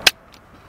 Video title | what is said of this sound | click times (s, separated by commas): Cadillac CTS Left Door Latch Actuator Assembly - 2 Door 2008-2014 | snap right into place just like that | 0.1 s